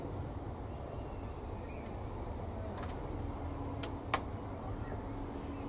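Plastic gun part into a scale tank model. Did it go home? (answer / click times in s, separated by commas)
yes / 3.8 s, 4.1 s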